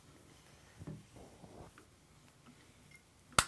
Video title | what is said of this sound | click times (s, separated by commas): Tenpoint Flatline 460 Review | And you need that click right there to let you know that you're good to go | 3.4 s